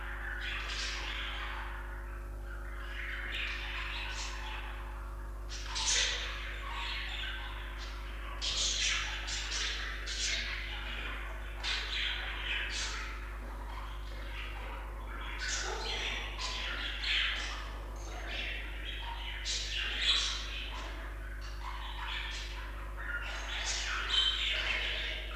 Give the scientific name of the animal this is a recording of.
Melopsittacus undulatus